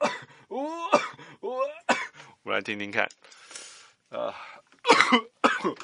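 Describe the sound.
A few rough coughs and a throat clearing, from a cough that has lasted nearly a month, break up a stretch of speech, the harsh bursts landing between a person's spoken phrases at roughly the same loudness as the voice.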